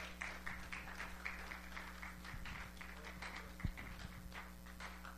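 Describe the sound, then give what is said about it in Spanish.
A church audience applauds for Christ Jesus at the close of a sermon, in a steady, dense patter of clapping that lasts the whole stretch, with a low electrical hum running underneath. “Denle un aplauso a Cristo Jesús.”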